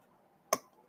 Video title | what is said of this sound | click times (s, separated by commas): "Crossdeck" Episode 47 - Chill & Chat/Another LIVE Build of a GRS Build-A-Cade | there we go snapped into place | 0.5 s